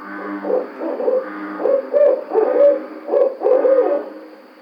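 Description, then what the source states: Barred owl hooting, a steady run of deep rhythmic hoots, several notes grouped closely together with brief gaps. Recorded 2009-06-05.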